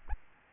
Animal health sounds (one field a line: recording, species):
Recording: mosquito wingbeat signal from an infrared sensor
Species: Aedes albopictus